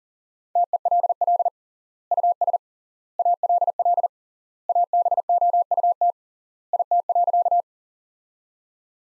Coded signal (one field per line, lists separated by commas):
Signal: Morse code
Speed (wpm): 40 wpm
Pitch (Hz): 700 Hz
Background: none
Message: TELL US ALL ABOUT IT.